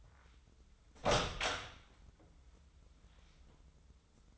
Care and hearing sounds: daily activity, microphone in the room; open door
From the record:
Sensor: 3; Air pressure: 996.1 hPa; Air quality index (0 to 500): 50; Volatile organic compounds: 2 ppm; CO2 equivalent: 1032 ppm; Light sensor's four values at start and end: 14/33/14/14 and 14/33/14/14

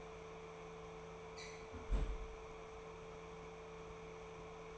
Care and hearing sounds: daily activity, microphone in the room; close fridge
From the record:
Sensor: 1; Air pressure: 1015.0 hPa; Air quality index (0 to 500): 193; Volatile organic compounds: 21 ppm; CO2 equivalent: 2735 ppm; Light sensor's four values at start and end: 11/26/10/12 and 11/26/10/12

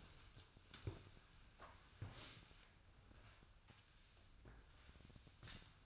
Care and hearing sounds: daily activity, microphone in the room; sweep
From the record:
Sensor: 2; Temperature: 24.0 degrees Celsius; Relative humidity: 35.5%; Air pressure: 1004.6 hPa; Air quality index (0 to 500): 91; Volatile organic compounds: 2 ppm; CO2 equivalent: 1097 ppm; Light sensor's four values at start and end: 5/11/4/5 and 6/15/6/6

